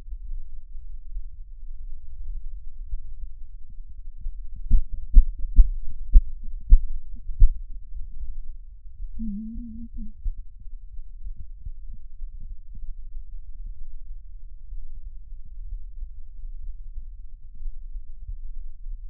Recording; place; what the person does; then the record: lung sounds by stethoscope; right anterior apical chest; quiet breathing, then cough and speech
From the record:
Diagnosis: COPD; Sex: female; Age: 65 years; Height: 156 cm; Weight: 63.9 kg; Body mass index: 26.3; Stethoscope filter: bell mode